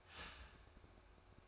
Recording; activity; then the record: daily activity, microphone in the room; start toaster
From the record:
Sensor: 2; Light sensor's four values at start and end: 4/10/4/4 and 4/10/4/4